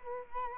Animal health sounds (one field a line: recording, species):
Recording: mosquito wingbeat signal from an infrared sensor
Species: Culex quinquefasciatus